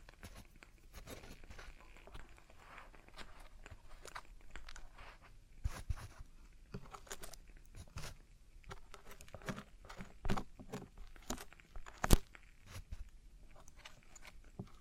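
Traditional Chinese ear cleaning, heard as a run of soft scraping, rustling and tapping sounds. Short crisp clicks come at irregular moments, with stronger pops near 6, 10 and 12 seconds. Faint low rumbling and a few murmurs sit underneath.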